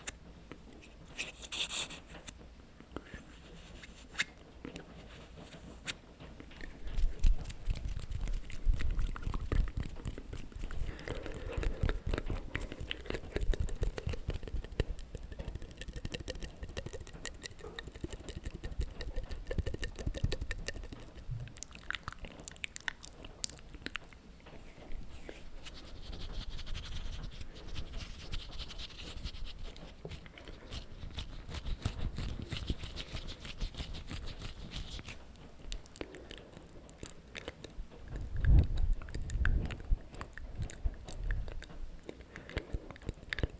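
Wet mouth sounds, clicks and chewing-like smacks, come in dense irregular bursts throughout, with brief quieter gaps and a sharper pop near 38 seconds.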